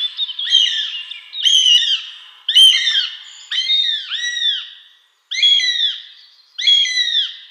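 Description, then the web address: Northern goshawk repeating shrill, descending wails roughly once a second, harsh and piercing, with short gaps between cries. "Schulze Peter Goshawk"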